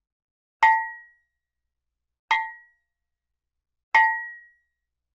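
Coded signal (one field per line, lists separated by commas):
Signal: none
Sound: cartoon clang sound effects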